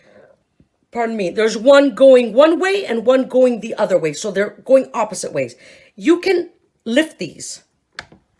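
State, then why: Released. Someone talks while handling a Starfrit Chop and Dice kitchen gadget, then lifts one hinged plastic blade flap open. A short, sharp click is heard at 8.0 s as the flap is released open.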